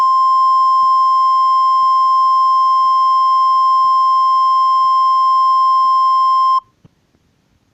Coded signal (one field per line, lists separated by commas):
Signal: Emergency Alert System (SAME) tones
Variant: 1050 Hz attention tone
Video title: EAS SCENARIO 1= nightmare decrane and reverse victora